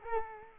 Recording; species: mosquito wingbeat signal from an infrared sensor; Culex quinquefasciatus